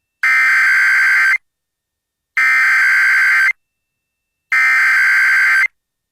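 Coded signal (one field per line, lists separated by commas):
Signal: Emergency Alert System (SAME) tones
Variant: header bursts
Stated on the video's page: EAS alerts received from three FM stations in central Mississippi.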